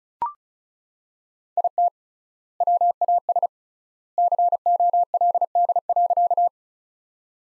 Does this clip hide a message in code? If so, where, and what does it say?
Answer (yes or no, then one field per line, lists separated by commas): yes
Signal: Morse code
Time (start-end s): 1.6-6.5 s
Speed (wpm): 36 wpm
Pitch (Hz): 700 Hz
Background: none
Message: IT WAS COLD.